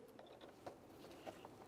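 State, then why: Not seated. The wiring harness connector is handled toward the rear outer parking assist sensor of a 2008-2017 Buick Enclave, with soft plastic taps and ticks over a low background. The connector has not seated or clicked yet.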